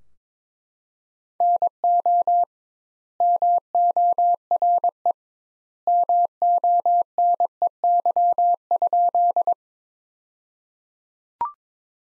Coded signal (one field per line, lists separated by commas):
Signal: Morse code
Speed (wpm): 22 wpm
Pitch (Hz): 700 Hz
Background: none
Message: NO MORE MONEY?